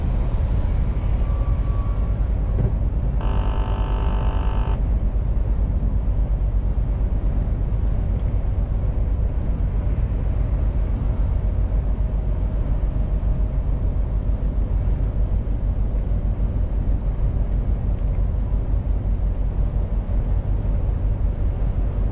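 A truck cab with a heavy, steady engine rumble that stays low and dense throughout, with a fine rattling texture on top. Around three to five seconds a bright, buzzing horn-like tone cuts in briefly, then the drone continues unchanged.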